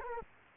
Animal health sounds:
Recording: mosquito wingbeat signal from an infrared sensor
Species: Culex quinquefasciatus

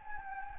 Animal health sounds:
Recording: mosquito wingbeat signal from an infrared sensor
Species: Anopheles gambiae

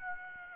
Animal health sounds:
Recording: mosquito wingbeat signal from an infrared sensor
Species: Aedes aegypti

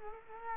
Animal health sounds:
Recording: mosquito wingbeat signal from an infrared sensor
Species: Culex quinquefasciatus

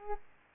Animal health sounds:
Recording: mosquito wingbeat signal from an infrared sensor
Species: Culex pipiens

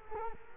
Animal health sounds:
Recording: mosquito wingbeat signal from an infrared sensor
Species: Culex quinquefasciatus

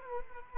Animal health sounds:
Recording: mosquito wingbeat signal from an infrared sensor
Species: Culex quinquefasciatus

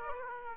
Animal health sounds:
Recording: mosquito wingbeat signal from an infrared sensor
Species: Aedes aegypti

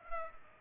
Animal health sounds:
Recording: mosquito wingbeat signal from an infrared sensor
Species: Culex pipiens

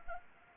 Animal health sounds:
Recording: mosquito wingbeat signal from an infrared sensor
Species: Anopheles arabiensis

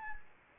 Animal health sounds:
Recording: mosquito wingbeat signal from an infrared sensor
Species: Anopheles gambiae

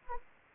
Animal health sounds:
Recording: mosquito wingbeat signal from an infrared sensor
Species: Anopheles arabiensis

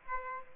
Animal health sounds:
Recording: mosquito wingbeat signal from an infrared sensor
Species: Aedes aegypti

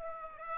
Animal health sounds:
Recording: mosquito wingbeat signal from an infrared sensor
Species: Aedes aegypti

